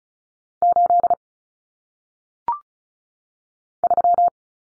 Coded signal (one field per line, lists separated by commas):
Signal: Morse code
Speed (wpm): 36 wpm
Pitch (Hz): 700 Hz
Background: none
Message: 8 3